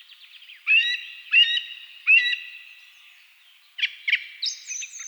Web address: agykontroll CD 3-A természet hangjai - Rigók szürkületkor